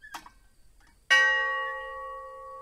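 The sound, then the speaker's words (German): A memorial bell atop one of the brick chimneys left standing at the Khatyn massacre memorial village in Belarus is struck once, loud and clear, its bright metallic tone lingering in a long, slowly fading hum after a faint click just before. “Glocken an ihrer Spitze läuten permanent.”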